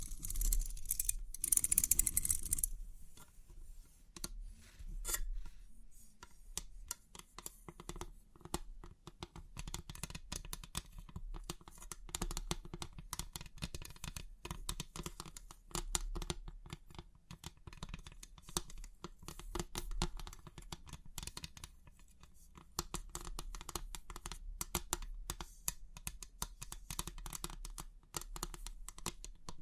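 Crisp tapping and clicking from 3D pin art, with dense bursts of small ticks that run almost the whole way through. A louder crinkling rush fills the first few seconds, then the sound settles into steady, fast, scattered clicks over a faint low hum.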